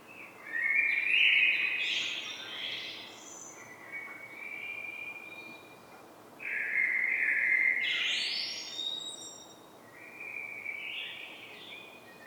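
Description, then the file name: Common blackbird delivering a string of fluty, warbling phrases with high twittering ends, coming almost continuously with only short dips between them. "Turdus merula"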